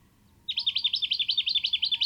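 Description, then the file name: Jacky winter repeating crisp, slurred chirps rapidly in a steady rhythm, with quiet surroundings. "Microeca Fascinans"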